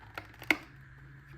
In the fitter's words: push it back in the same way and listen for the clip